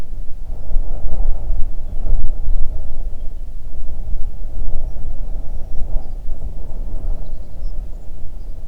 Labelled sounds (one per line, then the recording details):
bird
wind
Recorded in the Arctic National Wildlife Refuge, Alaska, on 3 June 2019 at 04:40
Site 37